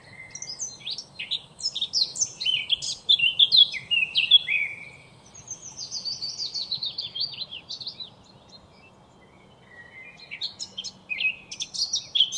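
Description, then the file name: Eurasian blackcap pouring out quick jumbled warbles, then a steadier stretch of song, a brief lull, and a fresh burst of sharp notes. "Sylvia atricapilla"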